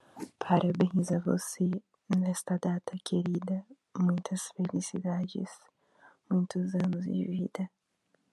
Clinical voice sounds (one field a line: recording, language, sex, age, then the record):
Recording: short text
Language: Brazilian Portuguese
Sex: female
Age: 20 to 29 years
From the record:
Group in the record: control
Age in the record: 26 years